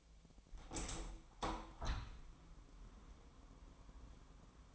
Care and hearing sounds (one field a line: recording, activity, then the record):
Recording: daily activity, microphone in the room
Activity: open window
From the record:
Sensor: 1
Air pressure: 1006.4 hPa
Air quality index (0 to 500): 206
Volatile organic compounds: 23 ppm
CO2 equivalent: 2776 ppm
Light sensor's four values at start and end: 11/29/11/13 and 12/31/12/14